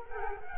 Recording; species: mosquito wingbeat signal from an infrared sensor; Culex quinquefasciatus